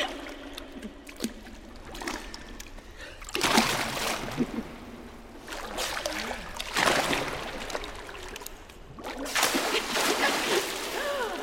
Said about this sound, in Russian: Лука сбрасывает Мию в бассейн.